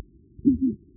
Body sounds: neck accelerometer signal played as sound; voluntary cough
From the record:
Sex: female

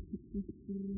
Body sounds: neck accelerometer signal played as sound; no cough (speech, laughter, throat clearing or background)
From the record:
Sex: female

